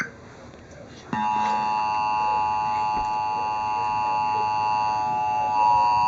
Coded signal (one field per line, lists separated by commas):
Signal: Emergency Alert System (SAME) tones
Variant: 853 and 960 Hz attention tone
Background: speech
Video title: Real NOAA Weather Radio EAS Alert #179 + TV EAS Alert